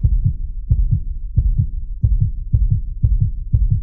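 Paired lub-dub thumps of a human heartbeat, about 90 beats per minute at first, quickening to about 120: a sound-effect heartbeat.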